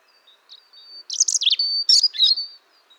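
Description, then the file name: European robin song: one dense, high warbling phrase mixing sustained thin whistles with quick jumbled trills and twitters, rising and falling in pitch. "Erithacus rubecula"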